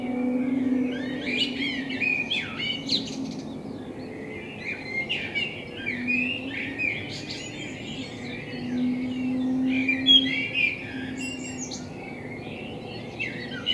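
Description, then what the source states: Common blackbird song, repeated warbled phrases with squeaky high twitters throughout, alongside a low droning hum in the background. Binaural recording with a self-built dummy head, in front of the recordist's window; intended for headphone listening.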